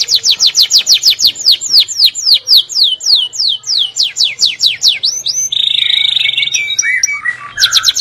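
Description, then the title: Canary singing a long, quick series of many repeated falling notes, followed by a buzzy rolled tour and sliding whistles. "Kenari"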